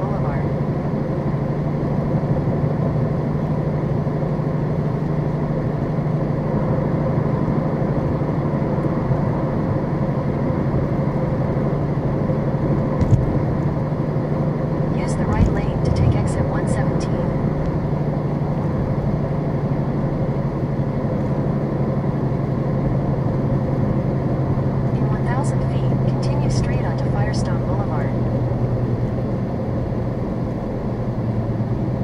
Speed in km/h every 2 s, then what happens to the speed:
84, 85, 85, 85, 82, 84, 84, 87, 85, 84, 82, 79, 77, 74, 71, 68.
0-15 steady at about 84. 15-32 slows to 68.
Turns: none.